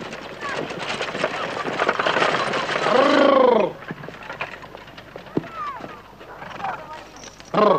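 A horse's hooves clip-clop in a steady, uneven beat over a noisy outdoor bed as it arrives at a collective farm office, with a loud whinny rising and falling midway and brief snorts afterward.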